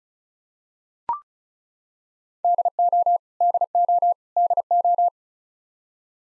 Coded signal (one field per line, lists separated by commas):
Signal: Morse code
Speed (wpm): 36 wpm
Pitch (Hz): 700 Hz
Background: none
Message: DO DO DO